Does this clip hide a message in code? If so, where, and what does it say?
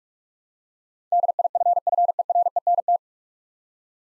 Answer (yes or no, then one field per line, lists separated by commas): yes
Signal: Morse code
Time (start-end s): 1.1-3.0 s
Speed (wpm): 46 wpm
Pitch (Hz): 700 Hz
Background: none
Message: DIFFERENT